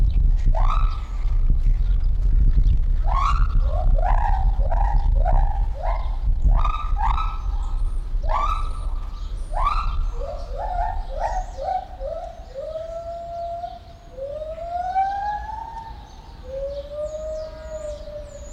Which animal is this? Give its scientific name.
Hylobates lar